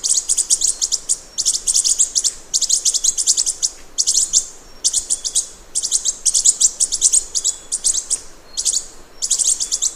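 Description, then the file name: Lorikeet chattering: bursts of rapid, high, metallic screeches run together in noisy clusters, separated by brief pauses, continuing throughout. "Лори -Лорикет -Попугай -Голоса-птиц"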